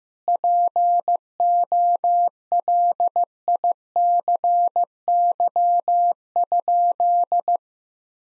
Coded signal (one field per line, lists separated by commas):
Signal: Morse code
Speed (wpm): 16 wpm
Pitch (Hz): 700 Hz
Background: none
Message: POLICY?